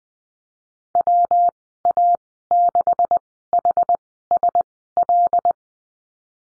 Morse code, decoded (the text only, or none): WA6HSL